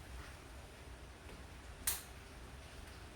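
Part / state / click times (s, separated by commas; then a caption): oxygen sensor plug into its harness connector / seated / 1.9 s. A plastic oxygen sensor plug on an SV6 Commodore car is pushed together into its wiring harness connector. Over a low, steady background hum, a single sharp click sounds at 1.9 s as the connector seats.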